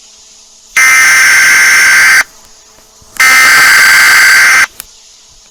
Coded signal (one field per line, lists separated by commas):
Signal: Emergency Alert System (SAME) tones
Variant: header bursts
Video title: EAS Scenario: Gacha Heat wave 1